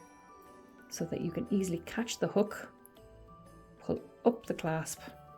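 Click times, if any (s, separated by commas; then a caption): none. A metal fold-over clasp on a magnetic link bracelet worn on the wrist is pulled up while someone talks, over background music. The clasp has not clicked shut yet, so nothing has seated.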